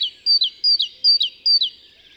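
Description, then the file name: Great tit song: four quick two-note phrases, a high steady whistle dropping to a lower slurred note, evenly repeated in about two seconds. "Parus major"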